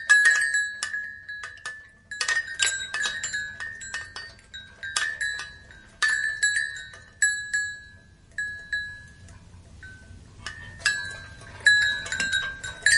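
Wind chimes ring in irregular clusters of bright metallic strikes, each leaving a steady ringing tone that fades slowly. Brief lulls fall around two, six and ten seconds before the chiming picks up again, over a soft low rumble of wind.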